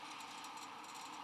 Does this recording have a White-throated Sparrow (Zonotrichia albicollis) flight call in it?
no